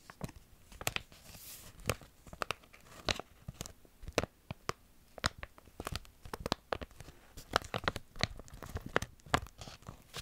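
Crinkling sounds made of sharp, irregular crackles that come in quick bursts throughout the ten seconds, some tight clusters and some single snaps. Each crackle is crisp and bright, with a faint rustling bed between them and a brief soft hiss near the two-second mark.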